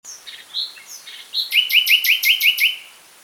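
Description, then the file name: Common nightingale song: a few whistled introductory notes leading into a loud, evenly spaced trill of about seven sharp notes that fades out. "Luscinia megarhynchos"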